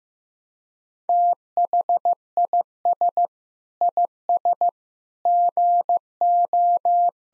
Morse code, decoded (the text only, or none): THIS IS GO